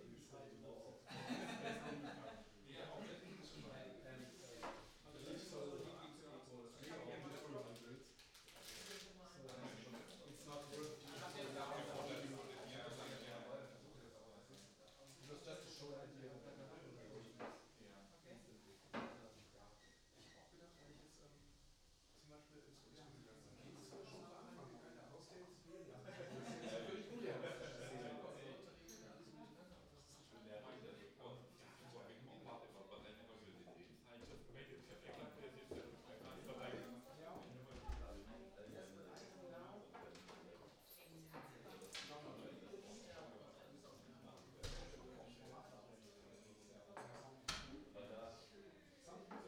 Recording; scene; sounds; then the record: everyday scene through a hearing-aid microphone; many people talking; many voices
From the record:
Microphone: in the ear canal, right